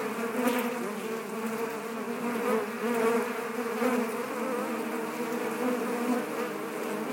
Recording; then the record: honeybee colony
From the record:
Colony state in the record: active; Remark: normal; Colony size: 10,000 bees